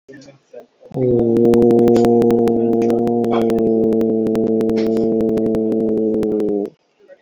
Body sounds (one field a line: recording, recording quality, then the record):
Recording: sustained vowel as in boot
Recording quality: moderate, slight background noise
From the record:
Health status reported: healthy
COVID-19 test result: negative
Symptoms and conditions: cough, diarrhoea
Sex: male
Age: 39 years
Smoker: not ticked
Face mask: not worn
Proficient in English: yes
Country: India